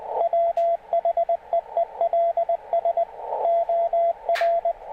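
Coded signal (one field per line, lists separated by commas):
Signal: Morse code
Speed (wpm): 20 wpm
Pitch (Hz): 680 Hz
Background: radio noise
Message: WHEELS OR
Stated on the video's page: CW received through varying passband widths, showing that narrowing the passband improves readability.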